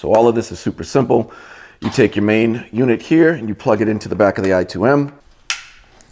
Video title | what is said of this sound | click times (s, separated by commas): MV Agusta F3XX Track Bike Build: Ep9 | like so make sure it clicks in place and then we have our main wire harness from the bike | 5.5 s